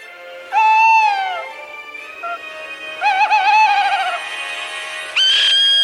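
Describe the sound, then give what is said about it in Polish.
An owl gives harsh, drawn-out screeching calls, three wavering shrieks with rich harmonics, the last one rising abruptly and loud. No one speaks. “Piszczą, skrzeczą. Niektóre z nich naprawdę brzmią, że naprawdę buty z nóg spadają.”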